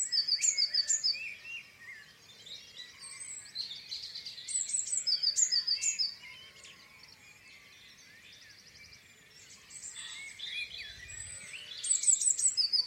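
Dawn chorus of many birds on a farm, bright overlapping chirps and trills, loudest at the start, midway and end, quieter around eight seconds.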